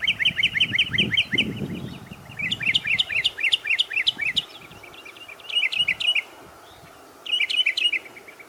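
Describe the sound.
Bird song of fast chattering chirp series, rapid high notes in bursts with brief pauses, a low rumbling noise underneath during the first two seconds.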